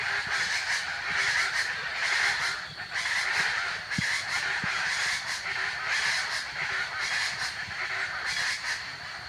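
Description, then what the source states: Chaco chachalacas in a loud, harsh chorus of raucous, grating calls, overlapping throughout. Recorded in El Impenetrable, Argentina; called charatas locally.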